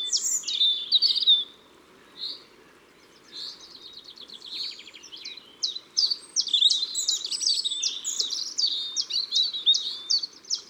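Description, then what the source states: European robin high warbling song with squeaky, tumbling notes, a pause and then a long busy stretch of varied high phrases, with faint background hiss. Ardèche, France.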